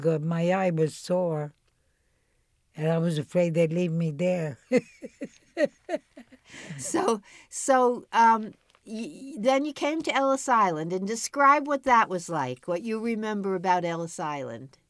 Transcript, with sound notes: My eye was sore, and I was afraid they'd leave me there. (laughs)
So, so then you came to Ellis Island, and describe what that was like, what you remember about Ellis Island.